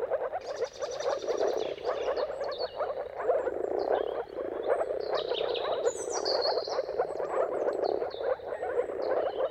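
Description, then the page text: Moor frog chorus of soft bubbling mating calls without pause, while birds give high, bright twittering phrases above it. Chorus of moor frogs giving mating calls at sunrise, at the turn of March and April, timing depending on the weather; described as a dawn chorus spectacle. "Dawn’s Chorus: Mating Calls of Marsh Frogs at Sunrise. Depending on the weather at the turn of March and April, you can witness an amazing spectacle of moor frogs. Jakub Orzecki. earth.fm"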